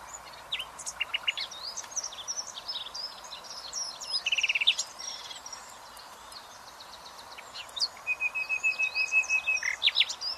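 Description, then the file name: Common nightingale song: varied whistled notes, buzzy trills and a steady series of repeated piping notes, over a constant background hiss. "Luscinia megarhynchos"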